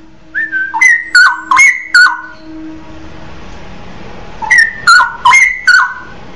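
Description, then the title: Oriental magpie-robin song: loud whistled notes with sharp clicking accents, sliding between two pitches, in two short bursts separated by a quiet pause of about two seconds. "Kicau Kacer"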